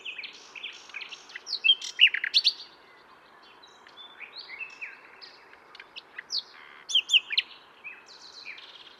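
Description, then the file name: Common nightingale song: varied phrases of sharp chirps, rapid trills and quick downslurred notes in bursts, with short pauses between. "Luscinia megarhynchos"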